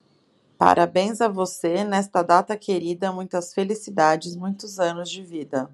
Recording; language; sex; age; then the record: short text; Brazilian Portuguese; female; 30 to 39 years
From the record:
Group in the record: control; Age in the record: 34 years